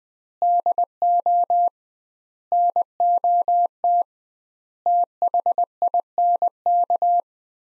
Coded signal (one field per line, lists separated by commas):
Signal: Morse code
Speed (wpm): 20 wpm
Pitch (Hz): 700 Hz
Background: none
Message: DO NOT THINK